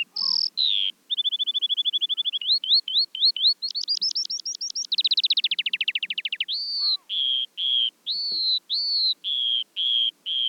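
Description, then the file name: Eurasian skylark song, a sustained high warble moving from a steady trill into rising rapid notes, then repeated chirping phrases, continuous throughout. "veldleeuwerik"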